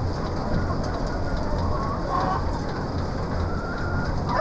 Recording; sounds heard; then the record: poultry house recording; healthy chickens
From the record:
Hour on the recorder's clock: 15